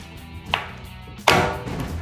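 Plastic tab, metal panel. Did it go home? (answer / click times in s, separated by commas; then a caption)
yes / 0.5 s, 1.3 s. The plastic tabs of the spare tire release tube are pushed by hand into a new steel Barricade HD off-road rear bumper on a 2020-2023 Silverado 2500. Two sharp snaps are heard at 0.5 s and 1.3 s, the second louder and followed by a brief rattling tail. The tube ends up seated, snug and fitted right.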